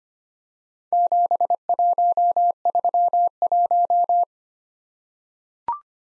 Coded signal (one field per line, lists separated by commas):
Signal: Morse code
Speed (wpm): 25 wpm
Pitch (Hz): 700 Hz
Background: none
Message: 7131